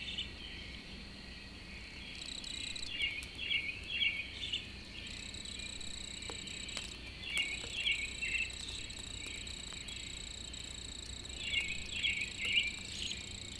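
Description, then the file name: Cricket trilling steadily at a high pitch, joined by a second fainter high whine and groups of quick bird twitters. A lone cricket in the early morning with birds, April 2012. "freesound Early AMBirds Lone Cricket April 2012"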